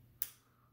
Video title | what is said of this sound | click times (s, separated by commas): How to Replace AK47 Rear Iron Sights | very audible click whenever you | 0.2 s